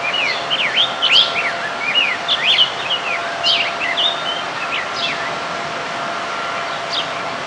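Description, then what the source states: Rose-breasted grosbeak song, short whistled warbling phrases of rising and falling notes for about three seconds, then fainter scattered notes over a steady background hiss. Recorded in 2006.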